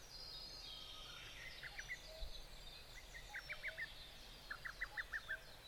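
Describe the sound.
Bird chorus: birds singing together, one giving quick sharp chirps in short rapid bursts while others warble faintly higher above a low background hum.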